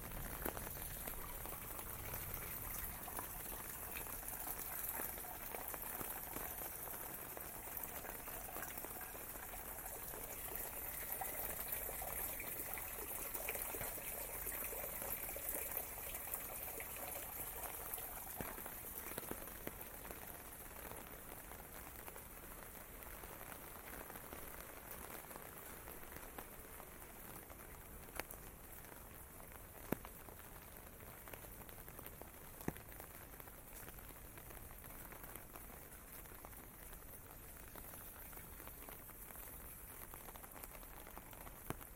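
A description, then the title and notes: Steady rain patters over a Tokyo street, a dense, even hiss filling the clip with little change. Faint footsteps on wet concrete tick through it, with a few sharper knocks near 30 and 33 seconds, perhaps wooden clogs striking the pavement. WALKING IN THE RAIN TOKYO JAPAN. Walking in the streets of Tokyo, Japan. Rain bumps, walking on wet concrete, and wooden clogs on the streets.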